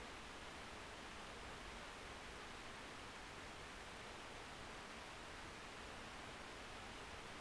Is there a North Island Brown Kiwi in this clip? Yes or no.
no